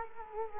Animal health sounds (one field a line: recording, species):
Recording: mosquito wingbeat signal from an infrared sensor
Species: Culex quinquefasciatus